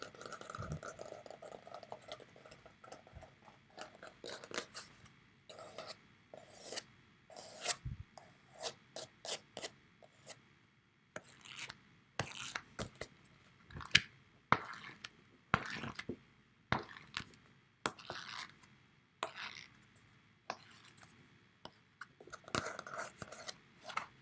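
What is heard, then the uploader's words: A paperback book handled, its pages flicked and rubbed in a quick, irregular series of dry rustles and short papery swipes. The bursts come every second or so, with occasional soft thumps and brief quiet gaps. Using a hard cover would be nice, but by using this paperback book to make some ASMR sounds great.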